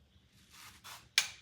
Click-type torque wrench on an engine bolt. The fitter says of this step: there you go oh oh soon as you hear it click stop yes sir I'll do the next one